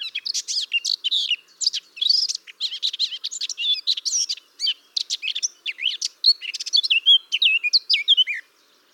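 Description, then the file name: Eurasian blackcap song, a fast rambling warble of scratchy and chattering notes that runs without pause, ending in a few clearer, descending fluted phrases. "Sylvia atricapilla"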